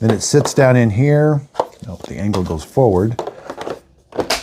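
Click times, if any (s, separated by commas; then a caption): 4.3 s. A cleaned filter, a plastic frame with an O-ring, is lowered into its seat in the dustbin of a Dreame L10s Ultra robot vacuum, angled forward and pressed down while someone talks. A few small taps come at about 3.5–3.7 seconds, and a sharp click at 4.3 seconds marks the filter snapping into place.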